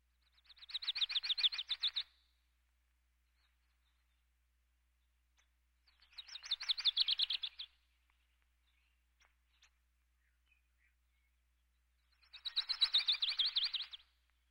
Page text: Lucys Warbler. Quick Sounds